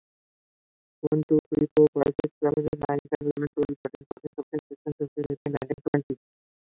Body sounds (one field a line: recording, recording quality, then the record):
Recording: counting at a normal pace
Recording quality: excellent, no background noise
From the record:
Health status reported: COVID-19 positive, mild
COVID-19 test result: positive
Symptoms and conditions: cough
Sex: male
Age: 30 years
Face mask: not worn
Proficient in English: yes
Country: India